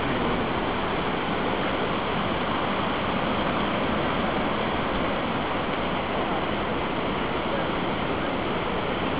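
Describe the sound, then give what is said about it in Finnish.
Ocean waves wash onto the shore in a steady, unbroken roar of surf, a dense hiss that holds at an even loudness throughout with no voices. “Viis uimari on tuossa, että yksi pikkunen hyppelee noitten aaltojen yli.”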